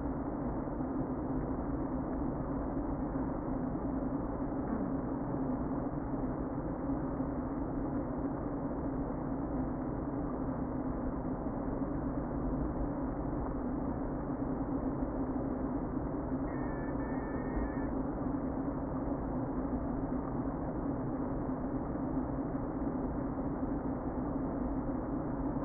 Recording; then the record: honeybee colony, microphone inside the hive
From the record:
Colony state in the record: queen present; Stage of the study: before two queens were removed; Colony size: about 60,000 bees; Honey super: yes